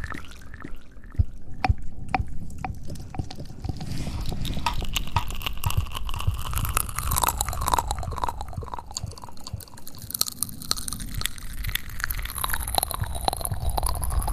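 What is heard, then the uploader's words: Close mouth sounds: wet clicks, smacks and chewing-like squelches fall irregularly and often through the whole fourteen seconds. A low rumbling murmur runs underneath, and a few sharper bright clicks stand out around the second, tenth and twelfth seconds. ASMR Close Mouth Sounds.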